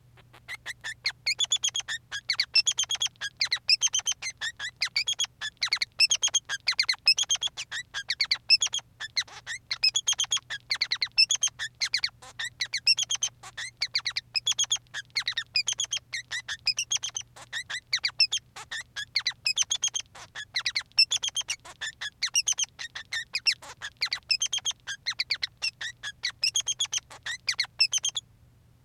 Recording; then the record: song of a male Bengalese finch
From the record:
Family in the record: son of father 3